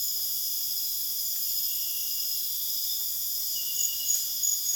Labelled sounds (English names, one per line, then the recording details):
none
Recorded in dense forest near Puerto Asís, Putumayo, Colombia, on 22 June 2025 at 21:30
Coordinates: 0.484, -76.325
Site H65